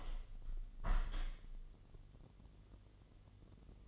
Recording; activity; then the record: daily activity, microphone in the room; open window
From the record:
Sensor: 4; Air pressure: 1015.8 hPa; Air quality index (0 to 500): 126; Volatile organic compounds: 3 ppm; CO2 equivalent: 1412 ppm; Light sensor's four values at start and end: 9/20/8/7 and 9/20/8/8